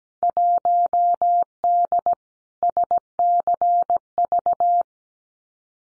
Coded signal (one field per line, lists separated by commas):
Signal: Morse code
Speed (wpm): 17 wpm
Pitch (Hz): 700 Hz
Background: none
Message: 1D SCV